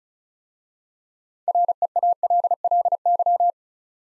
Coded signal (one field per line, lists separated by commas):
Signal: Morse code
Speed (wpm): 34 wpm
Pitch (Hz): 700 Hz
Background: none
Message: REALLY